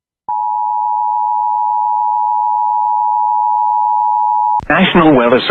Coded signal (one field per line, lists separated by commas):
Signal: Emergency Alert System (SAME) tones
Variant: 853 and 960 Hz attention tone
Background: speech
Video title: CT And NY FFW EAS #707